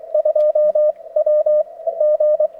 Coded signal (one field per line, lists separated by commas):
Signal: Morse code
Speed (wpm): 22 wpm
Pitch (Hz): 560 Hz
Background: none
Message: 2 W G